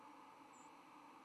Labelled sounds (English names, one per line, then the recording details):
White-throated Sparrow flight call
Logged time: 04:35 on 10 November 2014